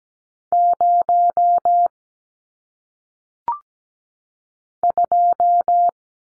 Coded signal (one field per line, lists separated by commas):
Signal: Morse code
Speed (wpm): 17 wpm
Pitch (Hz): 700 Hz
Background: none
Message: 0 2